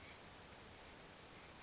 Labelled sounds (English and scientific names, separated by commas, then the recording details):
Oak Titmouse (Baeolophus inornatus)
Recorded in Sonoma County, California